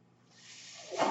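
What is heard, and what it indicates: Mechanical ventilator sound from a home mechanical ventilator: a soft broadband hiss of airflow that builds steadily over about a second and swells loudest at the end.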